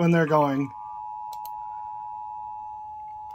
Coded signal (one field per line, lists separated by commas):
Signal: Emergency Alert System (SAME) tones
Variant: 853 and 960 Hz attention tone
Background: speech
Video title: (L.S. EAS #269-270) Severe Thunderstorm Warnings in the Western MetroPlex!